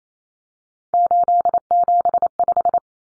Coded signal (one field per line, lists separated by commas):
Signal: Morse code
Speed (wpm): 28 wpm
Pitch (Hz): 700 Hz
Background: none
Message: 875